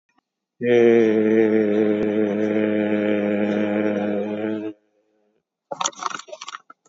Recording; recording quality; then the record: sustained vowel as in made; excellent, no background noise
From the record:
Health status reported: COVID-19 positive, mild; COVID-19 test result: positive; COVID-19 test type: RT-PCR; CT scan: taken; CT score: 11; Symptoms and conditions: cough, cold, muscle pain, loss of smell and taste, diabetes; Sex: male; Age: 76 years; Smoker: no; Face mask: worn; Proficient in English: yes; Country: India